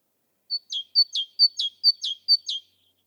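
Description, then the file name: Great tit song phrase: five quick pairs of notes, each a sharp high whistle dropping into a lower, slightly buzzy note, evenly spaced against a silent background. "Parus major"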